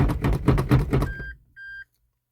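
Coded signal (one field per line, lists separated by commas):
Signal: beep code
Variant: Toyota MMT gearbox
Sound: series of quick knocks, then two steady mid-pitched beeps about a quarter second each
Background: mechanical knocking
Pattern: 2 long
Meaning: Two long beeps confirm the gearbox calibration step was accepted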